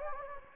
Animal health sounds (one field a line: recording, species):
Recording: mosquito wingbeat signal from an infrared sensor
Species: Anopheles gambiae